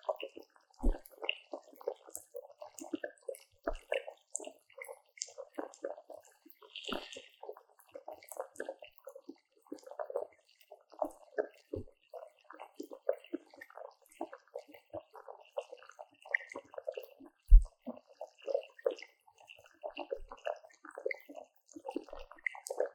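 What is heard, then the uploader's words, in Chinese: Sparkling water fizzes in a dense, steady crackle of tiny pops, with occasional louder low thumps and a brief brighter hiss near seven seconds. 氣泡水入侵耳朵!!Ears in Sparkling Water。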